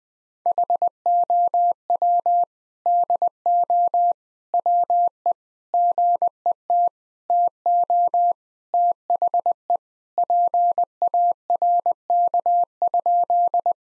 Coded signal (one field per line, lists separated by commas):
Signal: Morse code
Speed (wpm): 21 wpm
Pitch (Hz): 700 Hz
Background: none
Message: HOW DO WE GET TO THE PARK?